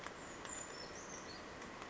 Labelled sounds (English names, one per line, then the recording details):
Brown Creeper
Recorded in Sonoma County, California